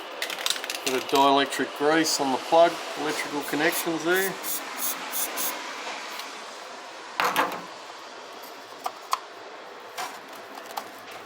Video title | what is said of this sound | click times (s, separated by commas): ZF6HP26 Zip Kit Ford Territory Limp Mode Harsh Gear Engagement Install Valve Body Zip Kit & Solenoid | until you hear that click | 7.2 s